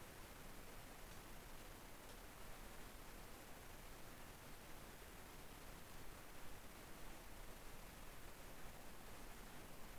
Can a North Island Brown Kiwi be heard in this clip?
no